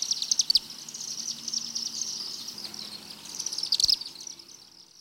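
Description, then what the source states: Chimney Swift chattering calls, dense high twitters holding a steady pitch, louder at the start and again near the end. Given in flight as a continuous series of chips and twitters; non-musical call varying little in pitch; species nests and roosts in chimneys around human habitations.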